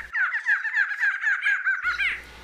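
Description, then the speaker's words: Barred Antshrike song: a rapid run of nasal, yelping notes, ending in a short final note. Played example; species widespread in Brazil, with a very distinctive voice; females also sing and duet with males. "Pois é, é o som da choca barrada."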